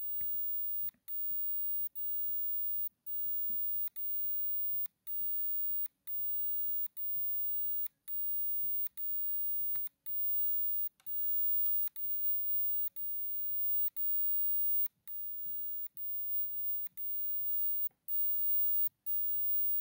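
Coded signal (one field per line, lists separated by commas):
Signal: radio time signal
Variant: DCF77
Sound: steady high-pitched carrier, briefly cut every second, with one second skipped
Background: small room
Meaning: Time code that synchronises radio-controlled clocks and watches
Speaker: is set in automatic in the European Europe European area zone so is a the CF 77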